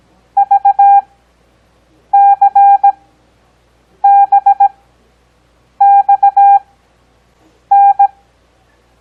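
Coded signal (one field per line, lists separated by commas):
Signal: Morse code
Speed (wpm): 17 wpm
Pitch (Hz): 800 Hz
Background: none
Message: VCBXN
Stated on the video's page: Morse code copy practice covering letters, digits and punctuation, Farnsworth timing with 17 WPM characters at 6 WPM overall.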